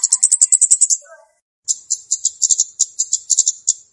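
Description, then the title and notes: Flowerpecker pouring out high, fast ticking trills, pausing briefly, then continuing with spaced bright ticks; a few lower faint notes appear near the start. Lure song used to attract and trap birds. "Kicau Pancing Burung Kemade ( Cabe Cabean). Suara Burung Cabe Cabean Pikat"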